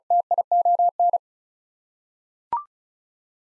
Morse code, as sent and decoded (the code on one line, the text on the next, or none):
- .. --- -.
TION